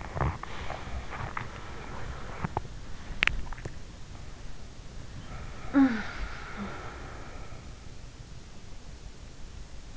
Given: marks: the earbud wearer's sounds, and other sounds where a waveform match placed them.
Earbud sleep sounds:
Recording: sounds in sleep by an in-ear microphone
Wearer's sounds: swallowing, breath, teeth grinding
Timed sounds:
0.00-1.59 s: swallowing
0.31-2.45 s: breath
2.45-3.74 s: teeth grinding
5.20-7.77 s: sound from someone else or the room

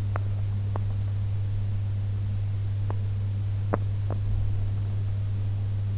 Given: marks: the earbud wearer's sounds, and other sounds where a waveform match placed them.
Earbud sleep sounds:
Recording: sounds in sleep by an in-ear microphone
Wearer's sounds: teeth grinding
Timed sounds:
0.00-0.19 s: teeth grinding
0.57-0.96 s: teeth grinding
2.72-3.07 s: teeth grinding
3.53-4.26 s: teeth grinding

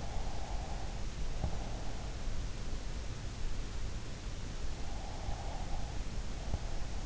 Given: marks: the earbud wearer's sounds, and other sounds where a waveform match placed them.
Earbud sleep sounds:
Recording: sounds in sleep by an in-ear microphone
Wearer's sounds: breath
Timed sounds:
0.00-2.53 s: breath
4.87-7.06 s: breath

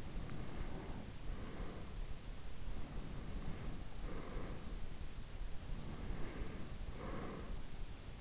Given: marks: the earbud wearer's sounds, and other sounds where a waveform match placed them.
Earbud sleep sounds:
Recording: sounds in sleep by an in-ear microphone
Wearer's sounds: breath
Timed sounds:
0.00-2.21 s: breath
2.73-5.04 s: breath
5.42-7.56 s: breath

